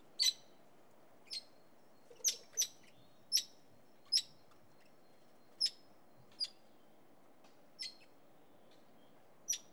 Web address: BBC Sound Effects Library. Red Rumped Parakeet